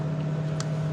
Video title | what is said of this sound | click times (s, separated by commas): THE TRUCKER JOHN SHOW - TTJS#228 - 8/1-8/3/20 - In the shop - Truck parts are so expensive | we go got a click out of it | 0.6 s